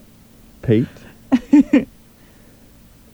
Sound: laughs